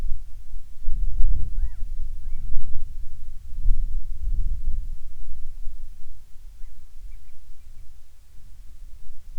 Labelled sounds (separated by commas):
bird, wind